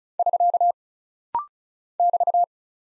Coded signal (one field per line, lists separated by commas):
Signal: Morse code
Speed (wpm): 36 wpm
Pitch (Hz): 700 Hz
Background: none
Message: <SK> <BT>